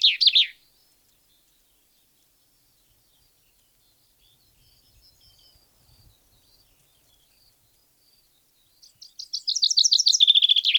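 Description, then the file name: Common chaffinch song, the tail of one phrase at the start, a quiet gap with faint thin tones, then a new rapid descending trill of high notes. "Fringilla coelebs"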